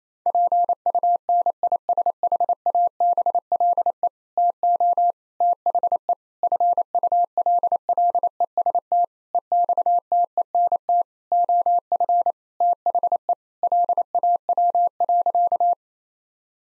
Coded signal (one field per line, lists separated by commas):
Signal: Morse code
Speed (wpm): 28 wpm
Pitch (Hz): 700 Hz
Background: none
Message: PUNISHABLE TO THE FULLEST EXTENT OF THE LAW.